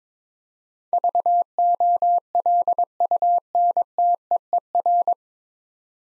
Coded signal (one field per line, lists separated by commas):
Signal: Morse code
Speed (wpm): 21 wpm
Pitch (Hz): 700 Hz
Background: none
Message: VOLUNTEER